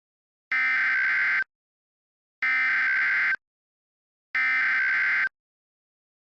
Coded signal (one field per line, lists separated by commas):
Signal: Emergency Alert System (SAME) tones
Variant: header bursts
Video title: EAS Scenario - Sanrio Invasion (REUPLOAD)